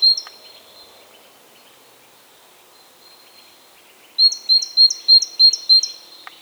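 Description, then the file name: Great tit: one brief high note, several seconds of near silence, then a burst of six quick ringing two-note phrases. "Parus major"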